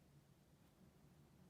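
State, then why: Not seated. A threaded screw-on cap is turned onto the barrel of a Graf von Faber-Castell Classic fountain pen, heard only as a steady low hum with no sharp hits. The cap has not snapped shut yet.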